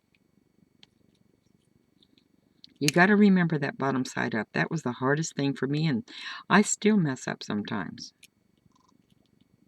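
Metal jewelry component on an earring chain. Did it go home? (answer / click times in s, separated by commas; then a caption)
no / none. A metal jewelry component is being fitted onto an earring chain while someone talks from about 2.8 s to 8.1 s. Faint small ticks of handling come before and after the speech. The piece is handled but not yet home, and nothing has seated or clicked yet.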